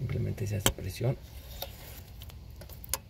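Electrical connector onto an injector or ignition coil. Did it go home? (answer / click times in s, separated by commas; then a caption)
yes / 2.9 s. A plastic electrical connector is pressed home onto an injector or ignition coil on the engine of a 2004 Jeep Liberty during an injector replacement. Someone talks, then after a few faint ticks a sharp click is heard at 2.9 s. The connector is seated.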